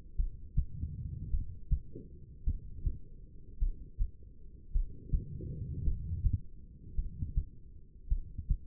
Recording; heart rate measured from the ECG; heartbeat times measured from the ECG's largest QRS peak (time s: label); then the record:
heart sounds by stethoscope; 53 bpm
0.16 s: heartbeat
1.30 s: heartbeat
2.44 s: heartbeat
3.58 s: heartbeat
4.71 s: heartbeat
5.83 s: heartbeat
6.95 s: heartbeat
8.08 s: heartbeat
From the record:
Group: heart failure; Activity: rest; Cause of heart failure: non-ischemic cardiomyopathy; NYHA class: 1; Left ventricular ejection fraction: 52%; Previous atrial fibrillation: present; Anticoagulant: apixaban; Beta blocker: bisoprolol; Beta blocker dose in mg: 10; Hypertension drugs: sacubitril-valsartan, spironolactone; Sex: female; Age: 68 years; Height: 169 cm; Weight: 71 kg